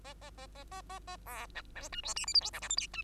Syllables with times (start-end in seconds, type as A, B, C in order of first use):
0.04-0.14 A, 0.21-0.30 A, 0.37-0.47 A, 0.55-0.64 A, 0.71-0.81 A, 0.89-0.99 A, 1.07-1.16 A, 1.26-1.46 B, 1.55-1.62 C, 1.75-1.89 D, 1.92-2.01 E, 2.03-2.14 F, 2.16-2.26 G, 2.27-2.33 H, 2.34-2.40 I, 2.41-2.50 J, 2.53-2.60 K, 2.61-2.69 L, 2.69-2.76 M, 2.77-2.87 N, 2.93-3.03 E